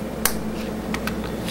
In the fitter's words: kind of clicks into place